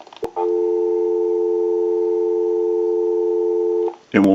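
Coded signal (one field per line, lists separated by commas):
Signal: telephone call progress tone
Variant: North America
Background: speech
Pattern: dial tone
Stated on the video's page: Automatic Electric 1A Monophone undergoing repair and conversion.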